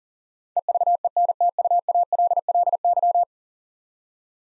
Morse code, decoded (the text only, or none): EVENTUALLY